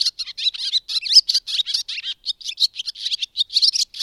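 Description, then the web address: Bird song as a hurried stream of high chirps, slurred whistles and twitters. "madarak enek"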